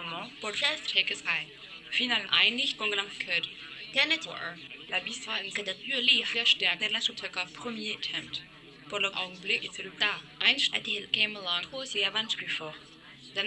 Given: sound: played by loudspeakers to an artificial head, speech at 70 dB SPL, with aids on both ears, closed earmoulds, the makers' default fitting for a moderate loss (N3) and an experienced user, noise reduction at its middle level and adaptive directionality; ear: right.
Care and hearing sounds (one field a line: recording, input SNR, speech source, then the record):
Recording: speech test signal (ISTS) in cocktail-party noise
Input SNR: +9 dB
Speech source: in front (0 degrees)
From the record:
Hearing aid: class 1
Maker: C